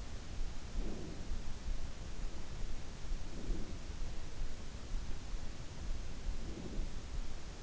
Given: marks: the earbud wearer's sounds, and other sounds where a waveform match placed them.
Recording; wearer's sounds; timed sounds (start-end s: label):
sounds in sleep by an in-ear microphone; breath
0.61-1.31 s: breath
3.14-3.94 s: breath
6.27-6.85 s: breath